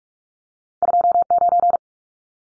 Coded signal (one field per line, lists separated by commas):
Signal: Morse code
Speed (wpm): 44 wpm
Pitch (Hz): 700 Hz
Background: none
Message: 29